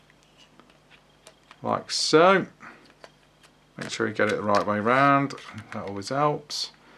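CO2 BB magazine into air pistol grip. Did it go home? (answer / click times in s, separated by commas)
no / none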